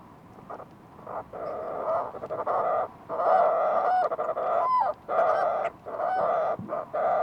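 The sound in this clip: Fulmar prion calls: loud, rasping, nasal phrases repeat in long uneven bursts, with a brief squeaky rising note about midway.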